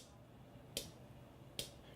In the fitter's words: you hear the clicky sound happening it feels like it gets stuck and